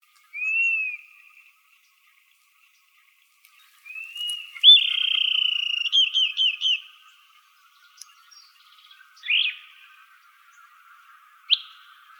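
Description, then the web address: Dusky-capped flycatcher calls: a short arched whistle, then a long drawn-out plaintive whistle ending in a rapid wavering flutter, followed by sparse short rising notes. Recorded in Arizona on 9 May 2008. "Flycatchers DCFL 050908. deviche"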